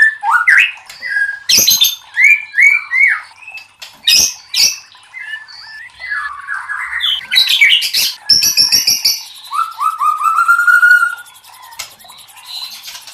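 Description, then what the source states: White-rumped shama singing a rich varied sequence of whistles, buzzy notes and quick chips, ending in a rising whistled trill. Masteran (training recording for cage birds) of murai batu labaik.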